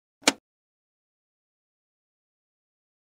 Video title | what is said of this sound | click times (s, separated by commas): Kağıt Sıkışmasını Düzeltme - HP Deskjet 3050 All-in-One Yazıcı | close the cleanout door and gently push the door forward until it snaps into place | 0.3 s